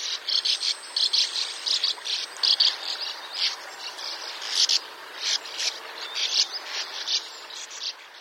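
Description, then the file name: Sand martin calls: a dense run of dry, rasping, buzzy notes in quick bursts, with a steady hiss underneath. "Hirondelle de rivage"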